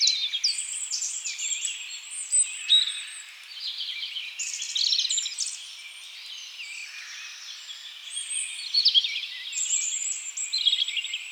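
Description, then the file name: European robin song, a dense stream of high, sweet warbles and trills broken by brief dips, with sharp accented notes scattered through. "Erithacus rubecula"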